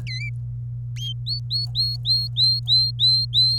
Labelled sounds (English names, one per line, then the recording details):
Domestic Canary song
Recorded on 27 April 2018 at 07:06
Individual llb3